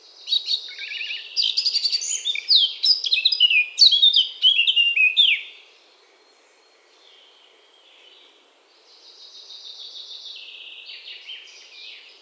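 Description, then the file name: Eurasian blackcap song: a loud, rapid warble with fluty falling whistles for about five seconds, followed by softer, quieter warbling. "Sylvia atricapilla"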